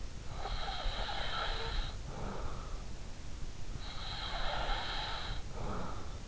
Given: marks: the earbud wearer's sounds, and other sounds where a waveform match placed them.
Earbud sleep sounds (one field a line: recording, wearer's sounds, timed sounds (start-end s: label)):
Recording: sounds in sleep by an in-ear microphone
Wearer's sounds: breath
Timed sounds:
0.06-2.80 s: breath
3.49-6.23 s: breath